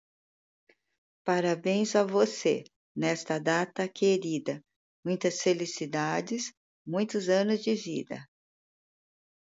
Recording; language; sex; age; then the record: short text; Brazilian Portuguese; female; 50 to 59 years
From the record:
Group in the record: control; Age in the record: 59 years